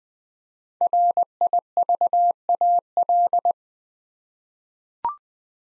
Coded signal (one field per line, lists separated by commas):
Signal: Morse code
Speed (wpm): 20 wpm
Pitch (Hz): 700 Hz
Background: none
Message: RIVAL